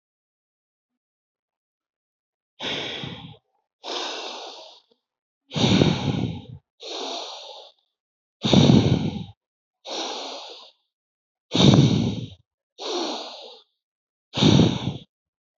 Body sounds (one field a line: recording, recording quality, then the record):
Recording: deep breathing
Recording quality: excellent, no background noise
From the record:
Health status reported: healthy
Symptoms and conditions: none ticked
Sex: male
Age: 25 years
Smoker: yes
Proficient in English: yes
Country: India